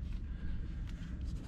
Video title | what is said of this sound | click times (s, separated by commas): P0148 Cummins Code, How To Fix + Lift Pump Install | clipped on it's clicked you heard the click push that safety tab back in | 0.9 s